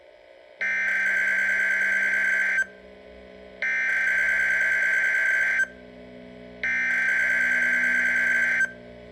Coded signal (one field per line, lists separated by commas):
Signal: Emergency Alert System (SAME) tones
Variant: header bursts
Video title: Midland WR-120 Weekly Test with EAS Tones | Station KEC55 Dallas